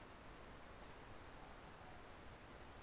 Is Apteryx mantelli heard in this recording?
no